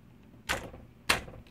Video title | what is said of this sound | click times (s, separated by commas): Diana Chaser RIFLE Kit (Unbox- Cleaning - Setup) CO2 Pistol & Rifle Combo | like a seat oh snapped | 1.1 s